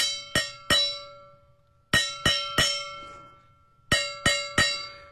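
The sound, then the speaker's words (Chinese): Three groups of three sharp metallic taps on a stainless steel thermal cooking cup, tapped to show its quality. The cup has 304 stainless steel outer and inner layers, a vacuum insulation layer and copper plating. Each strike rings with a bright, sustained tone that decays between hits. No talking. “你看啊，这就是那个闷烧杯啊，我给大家放一下啊。”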